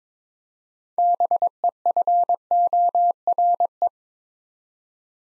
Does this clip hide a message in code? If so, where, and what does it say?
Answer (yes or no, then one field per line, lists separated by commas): yes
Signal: Morse code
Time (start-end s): 1.0-3.9 s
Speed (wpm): 22 wpm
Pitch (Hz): 700 Hz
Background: none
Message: BEFORE